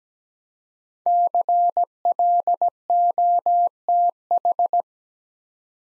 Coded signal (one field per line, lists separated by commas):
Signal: Morse code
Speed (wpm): 17 wpm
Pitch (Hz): 700 Hz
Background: none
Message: CLOTH